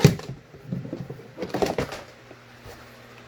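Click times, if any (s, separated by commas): 1.4 s, 1.5 s, 1.6 s, 1.8 s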